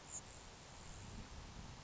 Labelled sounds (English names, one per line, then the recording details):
Grasshopper Sparrow
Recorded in Sonoma County, California